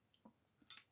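The metal loading lever or breech of a Feinwerkbau FWB C20 single-shot .177 CO2 target air pistol is opened until it latches into its detent. After a couple of faint low knocks, a sharp bright click lands at 0.7 s as the lever seats open, followed by a softer short tick near the end of the clip.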